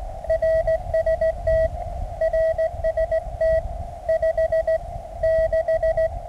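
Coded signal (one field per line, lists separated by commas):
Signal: Morse code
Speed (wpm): 17 wpm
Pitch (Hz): 650 Hz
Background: radio noise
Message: RST RST 5 6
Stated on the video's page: QRP park activation with Mountain Topper MTR 3B at 9 volts on resonant antenna, calling CQ and completing a CW QSO.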